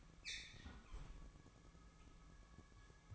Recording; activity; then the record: daily activity, microphone in the room; close fridge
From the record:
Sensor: 1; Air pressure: 1007.7 hPa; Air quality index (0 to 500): 84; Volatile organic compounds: 1 ppm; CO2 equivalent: 723 ppm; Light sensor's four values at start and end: 13/32/13/15 and 13/32/13/15